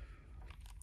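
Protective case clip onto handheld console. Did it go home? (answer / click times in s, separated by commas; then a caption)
no / none. A corner clip of a plastic protective case is pressed onto a Switch Lite handheld console. Only faint, brief scraping ticks are heard around 0.5, 0.7 and 0.8 seconds over a low background rumble. The clip has not clicked into place yet.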